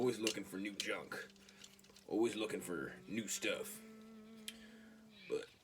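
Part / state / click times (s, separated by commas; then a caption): robot head on a transforming toy figure / released / 4.5 s. Someone talks while transforming a plastic transforming robot toy, flipping the robot's head out of the body. A sharp hit is heard at 4.5 seconds as the robot's head pops out, released from the body.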